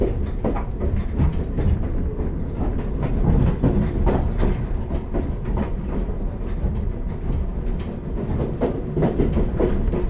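A steam locomotive train rolls out from a station, heard from on board as a steady, dense rumble of running noise. Low, heavy rolling dominates, with frequent irregular clicks and knocks from the wheels and carriages scattered through the whole stretch.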